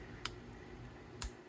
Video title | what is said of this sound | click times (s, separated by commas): Huben GK1 - NEW Gauge Cover | push down a little bit on the top, push down on the bottom, and eventually you'll hear a snap. | 0.2 s, 1.2 s